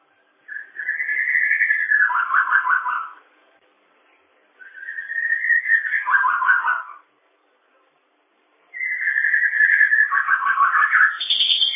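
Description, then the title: Bird song: three whistled phrases, each a steady high note falling into a buzzy, rattling warble, separated by short pauses. "kikicau"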